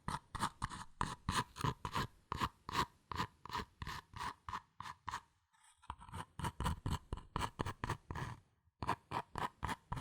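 Fast, regular tapping and scratching on cardboard paper, dense rhythmic bursts with two brief pauses near six and nine seconds.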